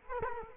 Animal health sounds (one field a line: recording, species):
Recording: mosquito wingbeat signal from an infrared sensor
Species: Culex quinquefasciatus